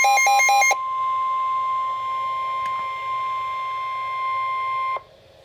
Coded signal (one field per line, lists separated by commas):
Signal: Emergency Alert System (SAME) tones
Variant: 1050 Hz attention tone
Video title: Severe Thunderstorm Warning - EAS #416